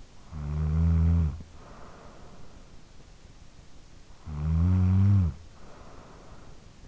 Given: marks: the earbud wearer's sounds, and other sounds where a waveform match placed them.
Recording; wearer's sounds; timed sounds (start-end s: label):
sounds in sleep by an in-ear microphone; snoring breath
0.04-2.80 s: snoring breath
3.81-6.87 s: snoring breath